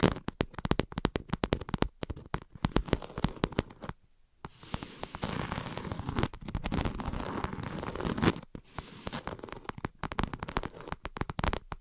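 Quick, irregular tapping clicks crowd the opening seconds, then give way after a brief silence to denser, steadier scratching with scattered taps.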